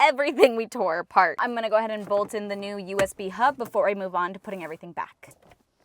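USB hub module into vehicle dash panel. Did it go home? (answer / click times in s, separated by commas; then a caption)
no / none. Someone talks while handling the replacement USB hub module that goes into its opening in the dash panel of a Ford Bronco, where it is meant to be pushed in until its plastic retaining clips click. Only speech is heard, with a faint tick at the very end. Nothing has seated or clicked yet.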